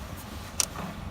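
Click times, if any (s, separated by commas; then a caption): 0.6 s. On a 2009 Chevrolet Malibu with a replacement turn signal switch fitted in the steering column, replacing a broken one, the plastic turn signal lever is pushed into its signal position. A single sharp click sounds at 0.6 s over a low, steady background rumble. The lever catches in its detent and holds.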